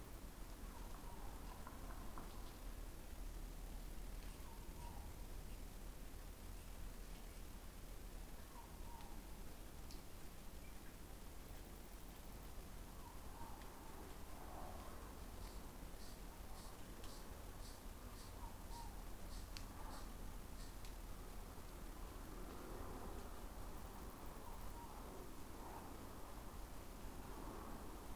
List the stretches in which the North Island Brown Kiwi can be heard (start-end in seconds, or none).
none